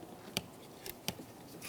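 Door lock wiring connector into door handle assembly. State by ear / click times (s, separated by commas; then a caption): not seated / none. A door lock wiring connector is handled as it is plugged into the interior door handle assembly of a 2000-2007 Ford Focus. Short, sharp ticks come at about 0.4, 0.9 and 1.1 s over a quiet background. Nothing has seated or clicked yet.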